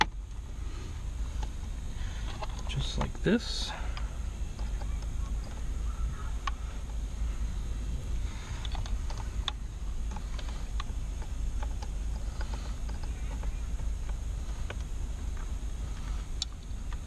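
While refitting the steering wheel on a 9th-generation Honda Civic, a plastic wiring connector is handled and pushed toward its socket in the wheel, producing scattered light taps and clicks over a steady low rumble while someone talks. Nothing has seated or clicked yet by the end of the clip.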